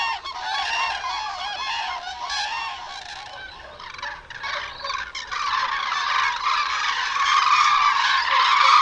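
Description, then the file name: Common crane flock calling, a dense continuous chorus of overlapping trumpeting notes, quieter in the middle and loudest toward the end. "zuraw"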